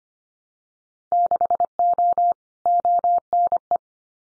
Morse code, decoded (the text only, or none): 6O ONE